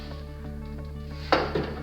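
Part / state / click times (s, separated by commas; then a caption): treadmill deck fold latch on the frame / seated / 1.3 s. Over steady background music, the deck of a 2017 NordicTrack Commercial 2450 treadmill is lifted by the bar underneath into its folded position, with a hydraulic system doing much of the lifting. The fold latch on the frame locks into place with a sharp click at 1.3 s, followed by a softer knock just after. The deck is seated and latched.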